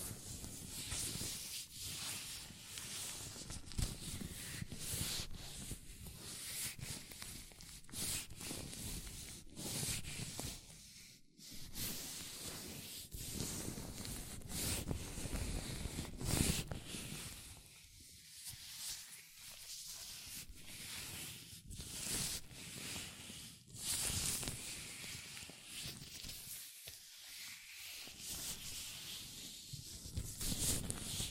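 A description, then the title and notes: Hands in latex gloves rub and squeak against each other in a steady, dense run of friction sounds with bright, hissy edges. Brief gaps and sharper pops break the texture every few seconds, with quieter dips around 11, 18 and 27 seconds. ASMR Latex Gloves Hand Sounds (No Talking).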